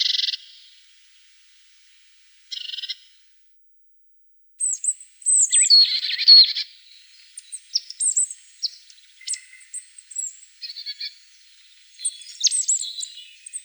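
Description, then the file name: Marsh tit calling: two short buzzy bursts, then scattered high thin chips and a burst of buzzy, scratchy notes, followed by irregular short high calls. "Gaichka chernogolovaja"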